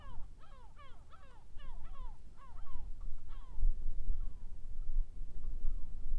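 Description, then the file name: Gulls giving sharp, descending yelping calls in quick overlapping series, fading toward the end, with low rumbling noise underneath. "Seagulls Gaviotas"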